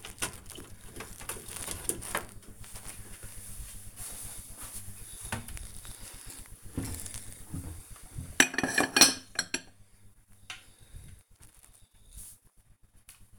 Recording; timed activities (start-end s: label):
household activities, microphone on the right wrist
0.00-13.39 s: cleaning out the dishwasher